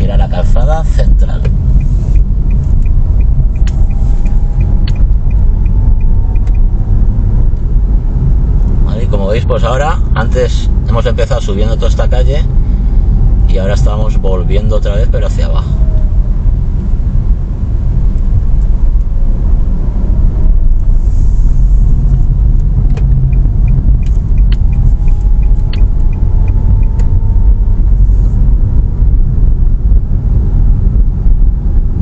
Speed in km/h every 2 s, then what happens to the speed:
20, 22, 25, 28, 28, 27, 25, 19, 18, 19, 23, 22, 23, 26, 28, 27.
0-6 speeds up to 28. 6-12 steady at about 27. 12-15 slows to 18. 15-28 speeds up to 28.